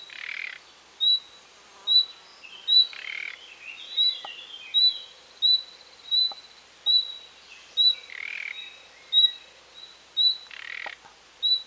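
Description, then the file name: Common nightingale calls: many repeated high whistles, broken by several harsh rasps and faint ticking notes. "Luscinia megarhynchos"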